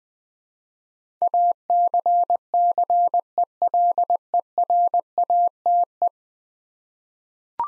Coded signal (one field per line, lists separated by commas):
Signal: Morse code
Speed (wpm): 20 wpm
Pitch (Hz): 700 Hz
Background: none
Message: ACCELERATE